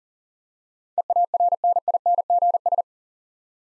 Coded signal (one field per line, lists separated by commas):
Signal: Morse code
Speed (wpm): 40 wpm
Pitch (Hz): 700 Hz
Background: none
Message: EARNINGS